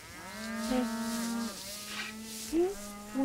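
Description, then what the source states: Cattle (calf): a long, steady low moo, then the start of another. Escaped calves on the neighbouring pasture, mooing while being herded back.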